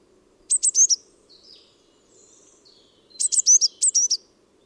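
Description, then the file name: Eurasian blue tit calling in two clusters of high, thin, rapidly descending notes, the second longer, with faint softer bird notes between and a low background hum. "Cyanistes caeruleus"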